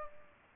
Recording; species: mosquito wingbeat signal from an infrared sensor; Aedes aegypti